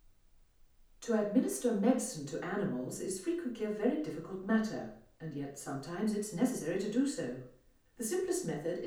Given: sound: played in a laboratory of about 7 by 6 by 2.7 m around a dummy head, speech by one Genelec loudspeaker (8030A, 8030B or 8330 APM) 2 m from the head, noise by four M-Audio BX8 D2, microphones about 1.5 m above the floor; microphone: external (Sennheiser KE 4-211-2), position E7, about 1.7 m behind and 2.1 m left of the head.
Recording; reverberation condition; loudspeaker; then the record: female speech in English; medium; 90 degrees to the right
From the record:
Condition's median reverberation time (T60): about 510 ms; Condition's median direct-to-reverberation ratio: about -0.5 dB